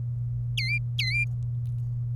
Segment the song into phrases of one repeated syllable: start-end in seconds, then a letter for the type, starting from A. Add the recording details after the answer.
0.57-1.24 A. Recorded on 27 April 2018 at 13:28. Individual llb3